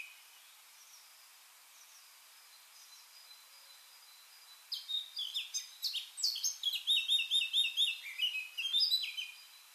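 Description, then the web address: Eurasian blackcap song: nearly five quiet seconds, then a fast, varied, high warble of chattering and fluty notes that keeps going to the end. "SETE data Sylvia atricapilla"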